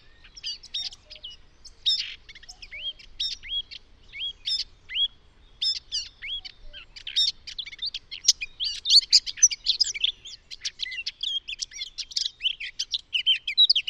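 Eurasian Blackcap song, first spaced fluty whistled phrases, then a fast tumbling warble of rich notes, growing louder toward the end.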